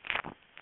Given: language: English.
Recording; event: throat vibration sensor signal played as sound; swallow